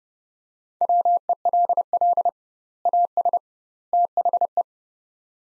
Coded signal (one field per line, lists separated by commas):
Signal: Morse code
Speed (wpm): 30 wpm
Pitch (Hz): 700 Hz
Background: none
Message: WELL AS THE